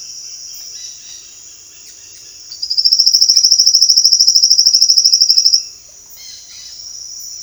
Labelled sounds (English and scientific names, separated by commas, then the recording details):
Roadside Hawk (Rupornis magnirostris), Silvered Antbird (Sclateria naevia), Dusky-headed Parakeet (Aratinga weddellii)
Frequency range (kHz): Dusky-headed Parakeet (Aratinga weddellii) 1.3-12.8 kHz
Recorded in dense forest near Puerto Asís, Putumayo, Colombia, on 19 February 2024 at 07:30
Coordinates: 0.496, -76.326
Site G6383